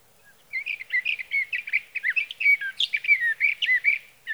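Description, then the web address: Sage thrasher song: quick tumbling chirps and slurred whistles strung together without a break for nearly four seconds. "birdsongforthecurious Sage Thrasher"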